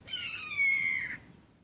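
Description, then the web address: Red-tailed hawk call: a single drawn-out scream lasting about a second, falling slightly in pitch and trailing off at the end. "Lynne Music 2 Red-Tail-Hawk-Single-Call"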